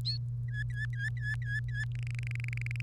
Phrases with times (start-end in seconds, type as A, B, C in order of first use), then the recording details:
0.48-1.84 A, 1.95-2.81 B. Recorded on 1 May 2018 at 07:23. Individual llb3